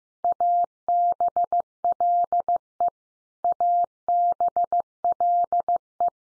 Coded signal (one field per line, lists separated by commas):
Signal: Morse code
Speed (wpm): 15 wpm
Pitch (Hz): 700 Hz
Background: none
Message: ABLE ABLE